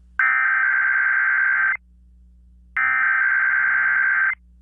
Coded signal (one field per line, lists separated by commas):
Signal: Emergency Alert System (SAME) tones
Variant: header bursts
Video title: KDKA decided to start 2022 with a new voice for the Preroll! KDKA RWT from January 9th 2022 EAS#427